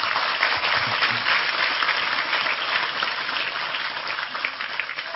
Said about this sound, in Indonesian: Sekali lagi tepuk tangan lebih keras